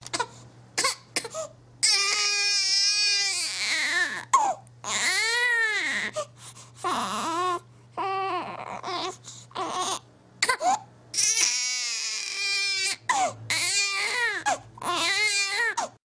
Baby Cry.